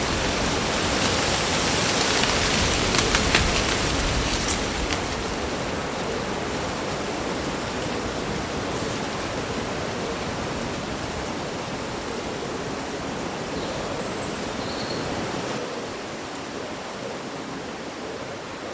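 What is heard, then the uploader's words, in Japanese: A summer breeze stirs through leaves, a steady dense rustling hiss that swells over the first five seconds with a few brief crackles, then eases and softens toward the end. Around fourteen seconds, two faint high bird chirps sound briefly above the rustle. そよ風の吹く夏の日、ざわめく葉と鳥のさえずり。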